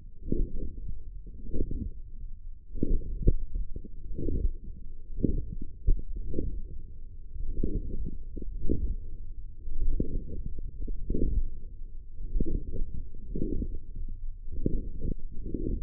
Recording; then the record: forearm muscle sounds (acoustic myography)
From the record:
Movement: forearm pronation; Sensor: system 1, eight BSWA MPA416 microphones around the upper forearm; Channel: 6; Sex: male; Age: 42 years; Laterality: right